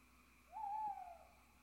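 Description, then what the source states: Owl hoot: a single clear, steady note lasting just over half a second, level in pitch with a slight waver, then a soft fading tail over a quiet background hiss. Owls (chouettes) recorded at Ker Anna.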